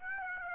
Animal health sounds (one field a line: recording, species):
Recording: mosquito wingbeat signal from an infrared sensor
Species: Aedes aegypti